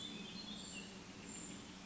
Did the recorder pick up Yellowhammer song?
no